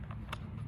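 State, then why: Seated. A buckle on the other side of a dirt bike boot is pushed into its strap receiver until it clicks, with a sharp click at 0.3 s over a steady low hum. Fainter ticks come before it at 0.0 s and 0.1 s. The buckle is seated.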